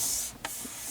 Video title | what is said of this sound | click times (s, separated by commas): Replacement of backlight bulb for illumination of AC control knobs for Toyota Corolla 2013 | it press down on it until it snaps and | 0.4 s